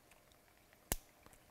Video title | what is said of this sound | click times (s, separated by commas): Meniscal Cinch™ II System | where matches up to number 2 clicks | 0.9 s